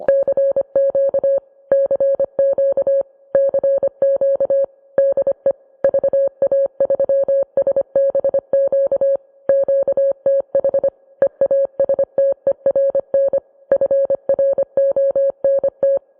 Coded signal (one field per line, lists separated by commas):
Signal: Morse code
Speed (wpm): 25 wpm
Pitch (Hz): 550 Hz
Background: music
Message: CQ CQ CQ DE VA3SBQ QTH EASTERN FRONT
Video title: Summer 1944 on the Eastern Front, north and south